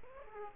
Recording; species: mosquito wingbeat signal from an infrared sensor; Aedes aegypti